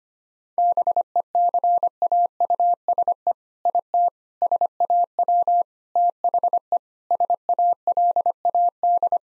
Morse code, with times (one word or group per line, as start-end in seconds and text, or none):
0.6-3.3 BECAUSE
3.7-4.1 IT
4.4-5.6 SAW
6.0-6.8 THE
7.1-9.2 SALAD